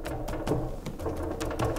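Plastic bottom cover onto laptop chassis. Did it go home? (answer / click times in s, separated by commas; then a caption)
yes / 0.5 s, 1.4 s. The plastic bottom cover of an HP 15-CS laptop is pressed onto the chassis, producing a series of sharp plastic clicks and taps over a low background hum. Its clips snap in at about 0.5 s and 1.4 s, and the cover ends up seated in place.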